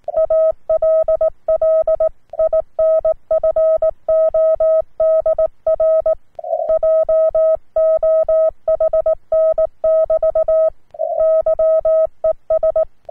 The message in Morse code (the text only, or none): ALL INFO DR JOHN <BT> YES